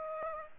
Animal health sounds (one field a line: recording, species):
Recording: mosquito wingbeat signal from an infrared sensor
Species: Aedes aegypti